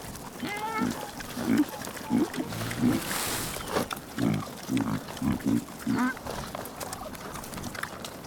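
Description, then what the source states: Pig grunting in short low bursts at irregular intervals, with wet chewing and crunching sounds between grunts. Piglets eating vegetables.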